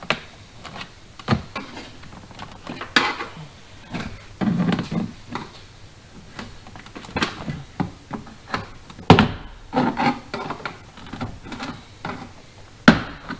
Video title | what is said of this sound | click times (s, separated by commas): How To Remove/Install 97-01 Jeep Cherokee Door Panel | and just gently pry that until you hear it pop | 0.1 s, 3.0 s, 9.1 s, 12.9 s